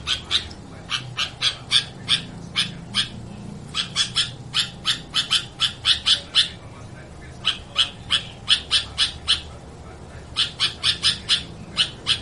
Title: Suara Burung Kutilang